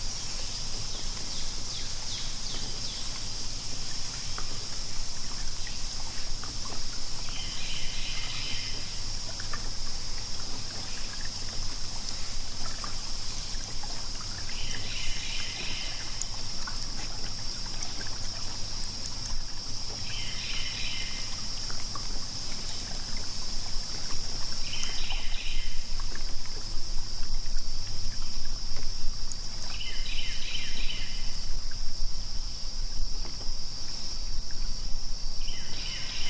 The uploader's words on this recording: ASMR Kayak, Bird Chirping, Water Splash, Nature Sounds, Outdoor Binaural.